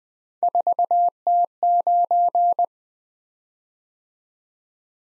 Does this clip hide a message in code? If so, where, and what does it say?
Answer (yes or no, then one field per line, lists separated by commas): yes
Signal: Morse code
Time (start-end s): 0.4-2.6 s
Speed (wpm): 21 wpm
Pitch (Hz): 700 Hz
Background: none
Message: 4T9